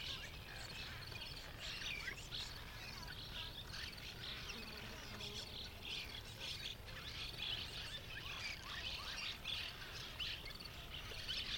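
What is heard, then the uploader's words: A huge colony of cliff swallows chatters without pause, countless overlapping squeaky calls forming a dense, bright twittering mass. The level stays steady throughout the twelve seconds, with individual chirps flicking out of the din, over a low, constant rumble underneath. Cliff Swallows at Late-Morning At Columbia National Wildlife Refuge. Traveling into the refuge, I came upon a Cliff Swallow rookery. Thousands of swallows, darting in and out of the cliff, hanging in hundreds or thousands of nests. A great cloud of swallows would pester the hawk until it left.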